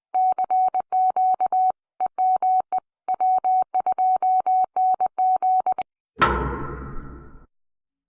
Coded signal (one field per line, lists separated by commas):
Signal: Morse code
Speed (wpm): 21 wpm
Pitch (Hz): 750 Hz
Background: none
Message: CQ EME W2NG